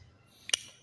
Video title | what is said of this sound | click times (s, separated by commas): Inside 2GR-FE Engine Variable Valve Timing VVT Camshaft Gears - Intake Exhaust Camry Highlander RAV4 | right here you heard it click and engage into place | 0.5 s